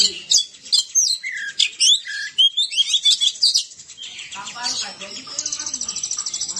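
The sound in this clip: Oriental magpie-robin pouring out quick whistled and chirping notes, then shifting to a softer, steady buzzy trill during the final seconds.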